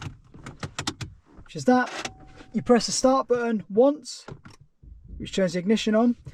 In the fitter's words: you push it into ignition till it clicks